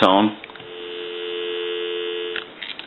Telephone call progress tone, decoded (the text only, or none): dial tone